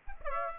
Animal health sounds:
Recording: mosquito wingbeat signal from an infrared sensor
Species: Aedes aegypti

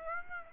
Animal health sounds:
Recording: mosquito wingbeat signal from an infrared sensor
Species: Aedes aegypti

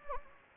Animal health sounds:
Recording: mosquito wingbeat signal from an infrared sensor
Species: Anopheles gambiae

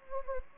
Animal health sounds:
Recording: mosquito wingbeat signal from an infrared sensor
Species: Anopheles gambiae

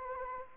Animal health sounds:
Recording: mosquito wingbeat signal from an infrared sensor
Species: Anopheles gambiae

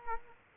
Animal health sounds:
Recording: mosquito wingbeat signal from an infrared sensor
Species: Culex quinquefasciatus

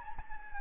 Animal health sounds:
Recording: mosquito wingbeat signal from an infrared sensor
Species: Anopheles gambiae

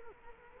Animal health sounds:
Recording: mosquito wingbeat signal from an infrared sensor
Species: Culex quinquefasciatus

